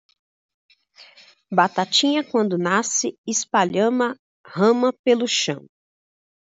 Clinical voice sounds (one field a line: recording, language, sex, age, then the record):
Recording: short text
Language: Brazilian Portuguese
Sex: female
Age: 30 to 39 years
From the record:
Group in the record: control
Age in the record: 35 years